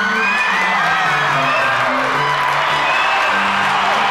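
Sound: audience applause and cheering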